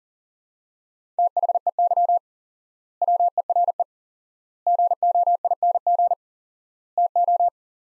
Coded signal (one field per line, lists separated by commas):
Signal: Morse code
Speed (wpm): 40 wpm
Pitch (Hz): 700 Hz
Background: none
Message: THEY WERE GOING TO